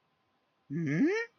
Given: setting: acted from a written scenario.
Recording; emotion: vocal sound without words; confusion